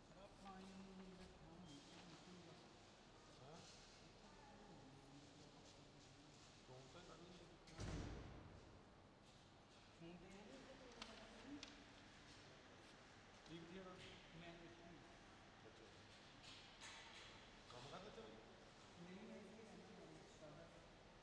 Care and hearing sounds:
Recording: everyday scene through a hearing-aid microphone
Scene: reverberant space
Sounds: background noise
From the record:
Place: railway station hall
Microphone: in the ear canal, left

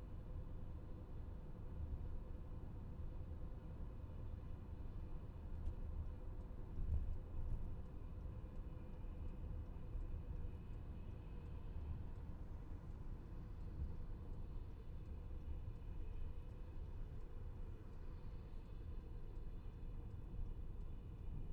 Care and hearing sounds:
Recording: everyday scene through a hearing-aid microphone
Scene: in a vehicle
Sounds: engine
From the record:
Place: VW T5 Caravelle, diesel engine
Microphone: behind the ear, left, rear

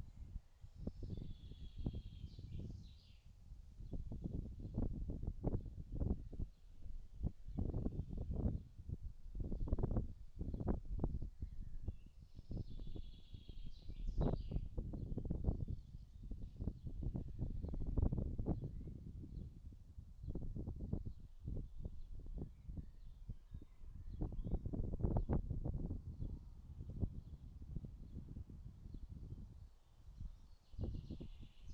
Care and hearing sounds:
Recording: everyday scene through a hearing-aid microphone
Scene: wind on the microphone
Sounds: wind, birds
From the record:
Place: in front of a rural house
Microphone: in the ear canal, right

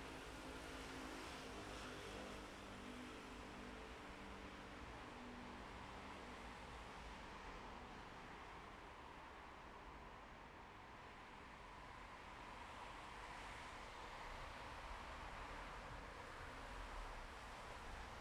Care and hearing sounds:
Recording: everyday scene through a hearing-aid microphone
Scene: in traffic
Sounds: traffic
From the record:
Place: bus stop on a city main road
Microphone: behind the ear, left, rear

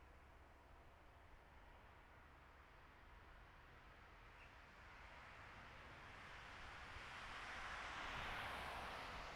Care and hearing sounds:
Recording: everyday scene through a hearing-aid microphone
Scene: in traffic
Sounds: traffic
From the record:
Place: bus stop on a city main road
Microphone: behind the ear, right, front

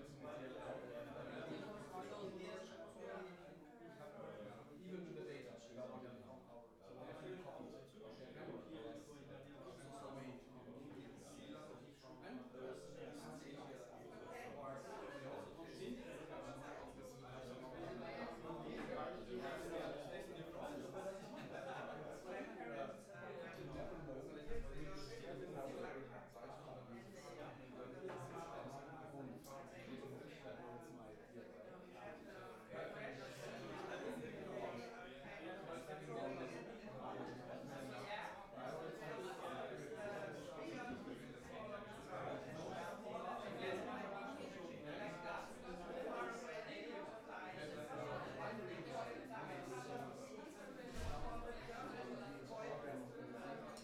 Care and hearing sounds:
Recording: everyday scene through a hearing-aid microphone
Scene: many people talking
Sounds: many voices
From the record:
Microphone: behind the ear, right, front

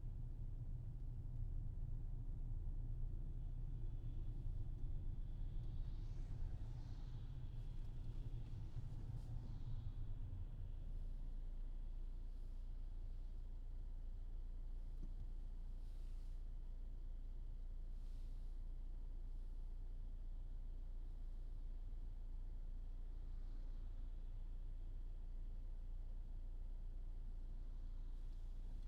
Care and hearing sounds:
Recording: everyday scene through a hearing-aid microphone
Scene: in a vehicle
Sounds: engine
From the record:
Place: Berlingo II, diesel engine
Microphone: in the ear canal, left

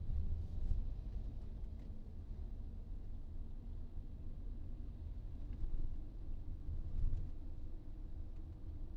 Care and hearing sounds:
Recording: everyday scene through a hearing-aid microphone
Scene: in a vehicle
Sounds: engine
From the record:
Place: VW T5 Caravelle, diesel engine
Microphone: in the ear canal, right

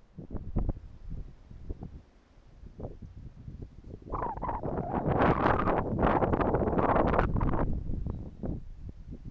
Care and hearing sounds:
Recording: everyday scene through a hearing-aid microphone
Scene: wind on the microphone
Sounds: wind, traffic, birds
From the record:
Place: suburban garden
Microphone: behind the ear, right, rear

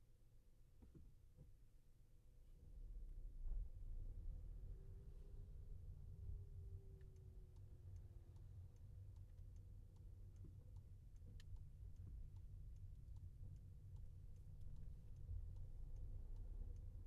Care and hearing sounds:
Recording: everyday scene through a hearing-aid microphone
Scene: in a vehicle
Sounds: engine, rumble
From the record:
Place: Skoda Fabia, gasoline engine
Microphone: behind the ear, left, front

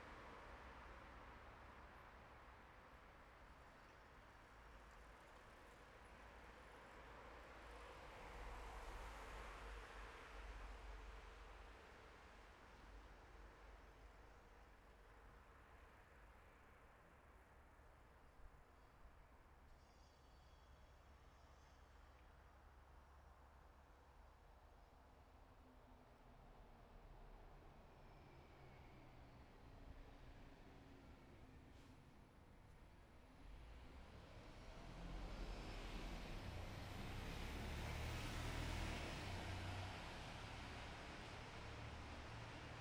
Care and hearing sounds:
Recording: everyday scene through a hearing-aid microphone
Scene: in traffic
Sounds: traffic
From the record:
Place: bus stop on a city main road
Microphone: behind the ear, left, front

